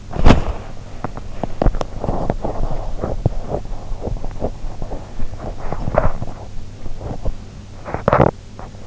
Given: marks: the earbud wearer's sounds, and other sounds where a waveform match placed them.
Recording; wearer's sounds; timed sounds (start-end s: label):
sounds in sleep by an in-ear microphone; body movement
0.01-8.86 s: body movement